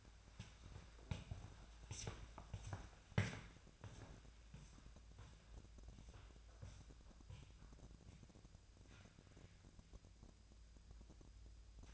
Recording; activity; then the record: daily activity, microphone in the room; walk to room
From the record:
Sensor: 2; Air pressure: 999.8 hPa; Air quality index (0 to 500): 120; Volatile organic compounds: 2 ppm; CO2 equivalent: 1034 ppm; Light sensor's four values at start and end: 26/62/28/31 and 26/63/28/31